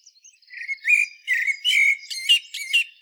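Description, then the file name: Common blackbird song: soft opening notes, then louder mellow whistled phrases mixed with high squeaky, chattering bursts. "Turdus merula"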